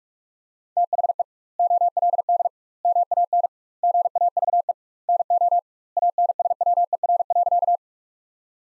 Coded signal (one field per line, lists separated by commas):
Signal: Morse code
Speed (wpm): 42 wpm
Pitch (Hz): 700 Hz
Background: none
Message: THE OLD MAN GAVE NO ANSWER.